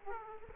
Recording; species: mosquito wingbeat signal from an infrared sensor; Aedes aegypti